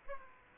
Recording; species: mosquito wingbeat signal from an infrared sensor; Aedes aegypti